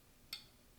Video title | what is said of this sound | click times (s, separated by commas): MREX15 Install for FN SCAR 15P | Hear the click. Click. and a click. | 0.3 s